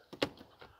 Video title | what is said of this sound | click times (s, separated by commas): 2021 FORD F250 XLT CREW SHORT GASSER AGATE BLACK 4K WALAROUND 12775Z SOLD! | that to work but it locks into place like so and then you have factory floor mats and carpeting | 0.2 s